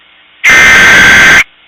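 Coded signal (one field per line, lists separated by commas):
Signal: Emergency Alert System (SAME) tones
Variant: header bursts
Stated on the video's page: Fictional EAS scenario.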